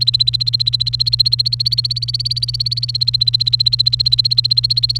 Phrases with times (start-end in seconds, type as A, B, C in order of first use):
0.00-4.99 A